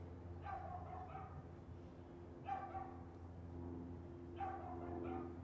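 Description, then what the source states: Dog yapping in three bursts of doubled barks, spaced about two seconds apart, above a steady humming background. Constant yapping dog heard as neighbourhood background ambience.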